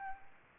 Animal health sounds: mosquito wingbeat signal from an infrared sensor; Aedes albopictus

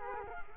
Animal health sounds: mosquito wingbeat signal from an infrared sensor; Culex quinquefasciatus

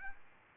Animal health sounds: mosquito wingbeat signal from an infrared sensor; Aedes albopictus

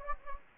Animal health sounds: mosquito wingbeat signal from an infrared sensor; Anopheles gambiae

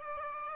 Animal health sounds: mosquito wingbeat signal from an infrared sensor; Aedes aegypti

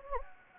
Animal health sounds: mosquito wingbeat signal from an infrared sensor; Anopheles gambiae

